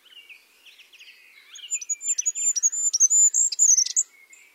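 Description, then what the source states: Goldcrest song: a high-pitched, thin sequence of fast repeated notes with a short flourish, preceded by softer, lower twittering. Normal song.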